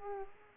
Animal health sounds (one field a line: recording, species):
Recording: mosquito wingbeat signal from an infrared sensor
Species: Aedes aegypti